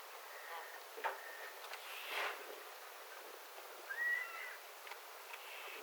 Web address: 14 8 2025 kalalokkinuoren aantelya kun se ilm kinastelee toisen nuoren kalalokin kanssa